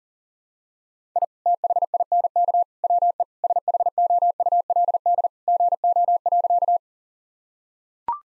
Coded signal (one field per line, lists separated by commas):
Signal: Morse code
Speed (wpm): 40 wpm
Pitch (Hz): 700 Hz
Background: none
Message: I THINK WE SHOULD GO.